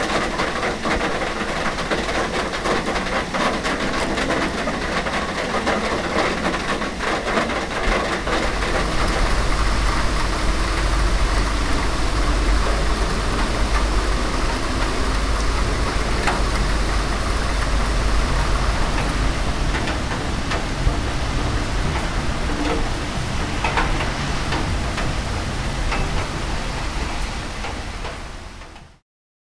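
Rain falls in a dense, steady hiss that fills the whole half minute, with a constant low rumble underneath that grows heavier after about eight seconds. Occasional brighter taps and crackles break through the wash before the sound cuts off abruptly at the end.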